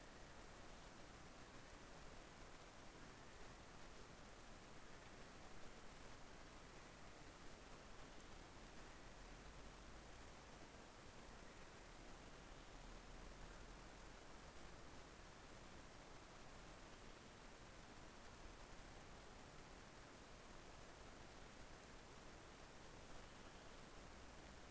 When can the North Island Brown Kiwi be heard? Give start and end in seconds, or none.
0.00-9.31